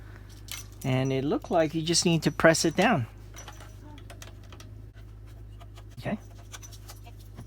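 A plastic part of a COMLIFE plug-in sticky bug trap is handled and pressed down into its housing during assembly while someone talks. Light handling clicks and rustles are heard. Nothing has seated or clicked yet.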